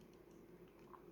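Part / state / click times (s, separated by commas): plastic body shell onto micro RC car chassis / seated / 1.0 s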